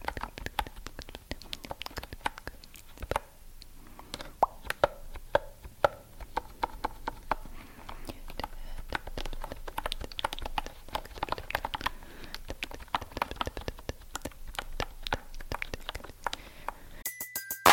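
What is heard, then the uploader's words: Crisp ASMR triggers: dense bursts of sharp clicks, taps and crinkly snaps fire irregularly, several per second, with soft chewing-like textures between them. Near the end the clicking stops and a brief steady tone cuts in. ASMR Triggers For Sleep (No Talking).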